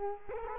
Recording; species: mosquito wingbeat signal from an infrared sensor; Culex quinquefasciatus